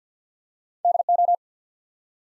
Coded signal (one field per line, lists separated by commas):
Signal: Morse code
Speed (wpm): 49 wpm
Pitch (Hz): 700 Hz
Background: none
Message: D O